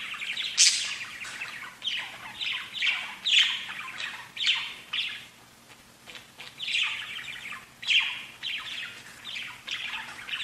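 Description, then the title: Budgerigar chattering with squeaky, buzzy chirps and a few shrill squawks, in lively bursts separated by a short quieter lull midway. "Budgie Sounds"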